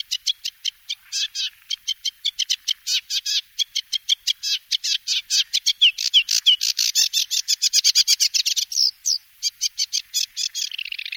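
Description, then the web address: Sedge warbler singing a long, varied song of rapid harsh chirps and buzzy rattles. "Cursus Vogelzang Rietzanger"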